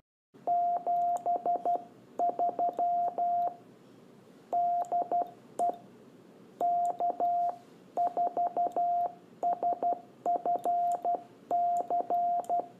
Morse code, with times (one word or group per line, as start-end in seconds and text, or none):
0.5-3.5 73
4.5-5.7 DE
6.6-12.6 K4SFC